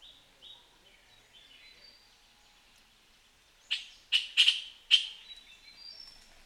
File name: Puff throated bulbul